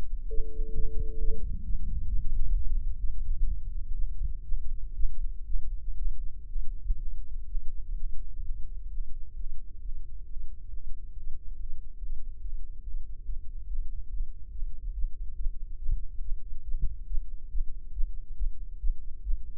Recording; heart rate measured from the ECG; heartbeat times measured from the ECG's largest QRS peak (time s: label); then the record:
heart sounds by microphone in the right ear; 133 bpm
0.28 s: heartbeat
0.73 s: heartbeat
1.18 s: heartbeat
1.64 s: heartbeat
2.08 s: heartbeat
2.53 s: heartbeat
2.98 s: heartbeat
3.45 s: heartbeat
3.94 s: heartbeat
4.43 s: heartbeat
4.94 s: heartbeat
5.45 s: heartbeat
5.96 s: heartbeat
6.46 s: heartbeat
6.96 s: heartbeat
7.45 s: heartbeat
7.93 s: heartbeat
8.41 s: heartbeat
8.87 s: heartbeat
9.33 s: heartbeat
9.79 s: heartbeat
10.23 s: heartbeat
10.67 s: heartbeat
11.10 s: heartbeat
11.53 s: heartbeat
11.96 s: heartbeat
12.39 s: heartbeat
12.81 s: heartbeat
13.23 s: heartbeat
13.65 s: heartbeat
14.08 s: heartbeat
14.50 s: heartbeat
14.92 s: heartbeat
15.34 s: heartbeat
15.76 s: heartbeat
16.19 s: heartbeat
16.62 s: heartbeat
17.05 s: heartbeat
17.48 s: heartbeat
17.91 s: heartbeat
18.35 s: heartbeat
18.78 s: heartbeat
19.22 s: heartbeat
From the record:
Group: healthy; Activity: Valsalva maneuver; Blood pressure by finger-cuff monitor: 111/81 mmHg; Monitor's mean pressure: 90 mmHg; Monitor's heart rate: 134 bpm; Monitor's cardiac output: 8.5 L/min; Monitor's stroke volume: 61 mL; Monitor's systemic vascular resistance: 710 dyn s/cm5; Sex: female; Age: 19 years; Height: 163 cm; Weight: 51 kg